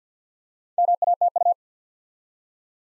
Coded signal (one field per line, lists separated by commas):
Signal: Morse code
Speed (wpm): 50 wpm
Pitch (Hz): 700 Hz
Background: none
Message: MATU